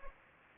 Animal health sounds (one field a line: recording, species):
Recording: mosquito wingbeat signal from an infrared sensor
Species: Anopheles gambiae